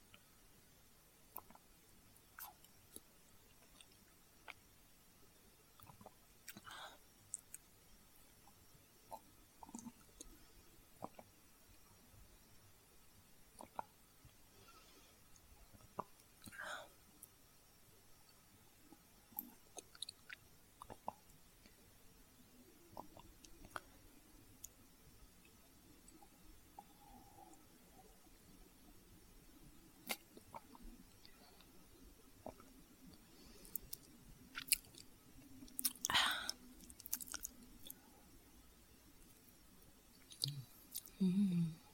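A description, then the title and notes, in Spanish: Someone eats a banana, with soft, wet chewing and squishy mouth sounds coming in irregular bursts. A few sharper clicks and bites stand out around the middle and near the end, over a low, steady hush. ASMR comiendo una banana.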